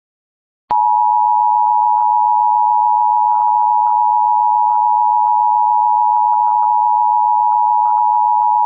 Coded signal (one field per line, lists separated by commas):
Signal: Emergency Alert System (SAME) tones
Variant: 853 and 960 Hz attention tone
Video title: EAS Scenario - "The Mandela Effect" (Remastered) V2: Area & Font Updates